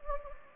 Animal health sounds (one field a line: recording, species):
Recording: mosquito wingbeat signal from an infrared sensor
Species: Anopheles gambiae